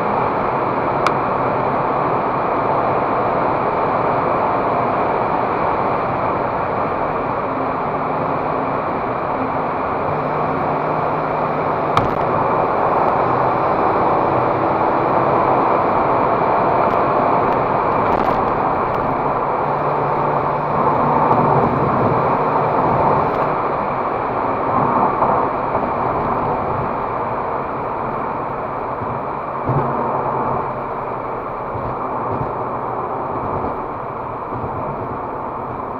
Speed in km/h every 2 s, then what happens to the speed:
165, 164, 167, 151, 146, 147, 152, 159, 165, 148, 142, 147, 144, 131, 115, 108, 99, 92.
0-5 steady at about 165. 5-7 brakes to 146. 7-17 speeds up to 165. 17-19 brakes to 142. 19-24 steady at about 144. 24-36 brakes to 92.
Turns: none.